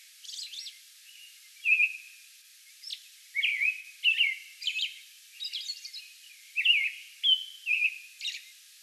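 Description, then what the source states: American robin singing, starting quietly then building into clear whistled phrases mixed with high thin twittering notes. Recorded May 11; a bout of song.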